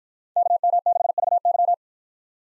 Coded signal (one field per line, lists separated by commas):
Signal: Morse code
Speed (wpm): 53 wpm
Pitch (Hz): 700 Hz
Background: none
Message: KM6VY